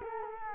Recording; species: mosquito wingbeat signal from an infrared sensor; Culex quinquefasciatus